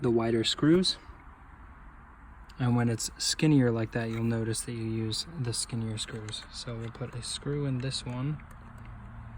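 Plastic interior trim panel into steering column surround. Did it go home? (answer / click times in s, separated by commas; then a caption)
no / none. Someone talks while handling a plastic interior trim panel at the steering column surround of a 2015+ S550 Mustang, where it will be pushed firmly until its upper clip snaps into place after a screw is fitted. Over a steady low hum, only speech is heard, with no distinct click. Nothing has seated or clicked yet.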